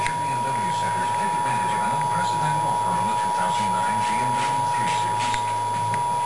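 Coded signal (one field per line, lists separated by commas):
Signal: Emergency Alert System (SAME) tones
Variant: 853 and 960 Hz attention tone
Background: speech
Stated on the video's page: EAS test mocking an HBO Feature Presentation intro, a parody rather than a real alert.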